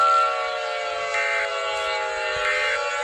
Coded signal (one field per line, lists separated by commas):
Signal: Emergency Alert System (SAME) tones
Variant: end-of-message bursts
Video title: eas alarms by spunky